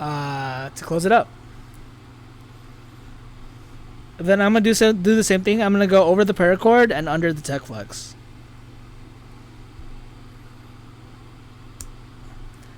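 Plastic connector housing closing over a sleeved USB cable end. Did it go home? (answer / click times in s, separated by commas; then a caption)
yes / 11.8 s. A two-piece plastic USB connector housing is closed over the paracord and under the techflex sleeving at the end of a custom sleeved USB cable. Someone talks, and then a single sharp snap is heard at 11.8 s as the housing snaps shut and seats.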